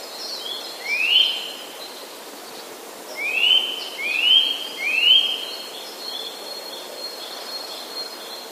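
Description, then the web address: Eurasian nuthatch whistles: one rising whistled note, a pause, then three more rising whistles in a quick row. "wroblowe kolekcja kowalik"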